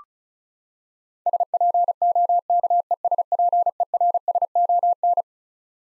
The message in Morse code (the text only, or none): SPOKESPERSON